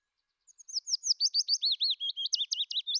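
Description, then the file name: Willow warbler song, a clear run of many sweet whistled notes sliding down the scale over about two and a half seconds. "fitis"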